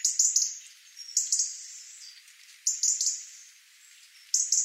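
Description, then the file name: European robin giving several bursts of thin, high-pitched notes in groups of two or three, separated by short pauses. "Erithacus rubecula"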